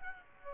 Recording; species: mosquito wingbeat signal from an infrared sensor; Aedes aegypti